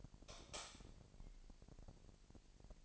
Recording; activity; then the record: daily activity, microphone in the room; light off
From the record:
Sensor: 5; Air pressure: 1002.0 hPa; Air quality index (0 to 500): 234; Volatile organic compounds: 35 ppm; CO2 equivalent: 3064 ppm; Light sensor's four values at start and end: 16/38/16/17 and 16/37/15/17